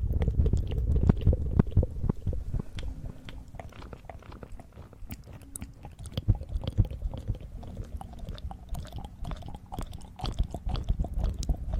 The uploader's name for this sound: eating sugar, aloe vera gel ear massage